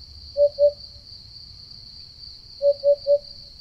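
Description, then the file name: Eurasian hoopoe song: soft, low hollow hoots, a pair and then a triplet of quick 'oop' notes, over a steady high insect hum. "Chant-de-la-Huppe-fasciée-Upupa-Epops"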